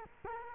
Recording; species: mosquito wingbeat signal from an infrared sensor; Culex quinquefasciatus